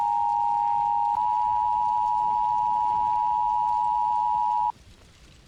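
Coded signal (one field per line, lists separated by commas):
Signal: Emergency Alert System (SAME) tones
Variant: 853 and 960 Hz attention tone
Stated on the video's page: Fictional EAS scenario about an accidental nuclear detonation; loud.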